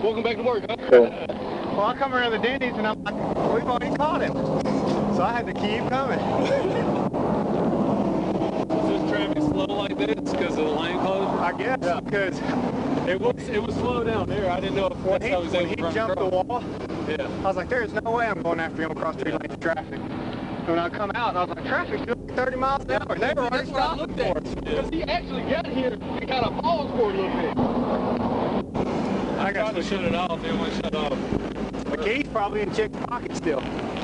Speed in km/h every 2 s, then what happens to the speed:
0, 0, 0, 0, 0, 0, 0, 0, 0, 0, 0, 0, 0, 0, 0, 0, 0.
0-34 standing.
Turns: none.